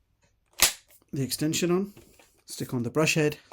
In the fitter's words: press it in and it clicks in immediately so you stick